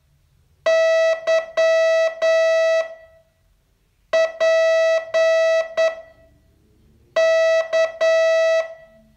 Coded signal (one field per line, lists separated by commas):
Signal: Morse code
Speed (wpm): 9 wpm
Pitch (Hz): 650 Hz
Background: none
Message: Y P K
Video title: Learn Morse in 42 Days from VU2LAU - day 31